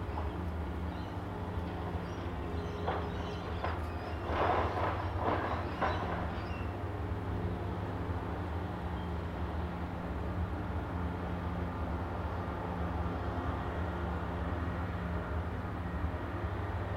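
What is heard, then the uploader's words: Ambience outside a building overlooking Tamarama Beach near Sydney: a steady, dense low rumble runs throughout with a constant hum beneath it. Between about three and six seconds, a few short clattering bursts rise briefly over the wash, then the even rumble continues unchanged. Overlooking Tamarama Beach, Bondi, Sydney,. This recording comes from outside the building we stayed in overlooking the beautiful Tamarama Beach, which neighbors the well-known Bondi Beach outside of Sydney.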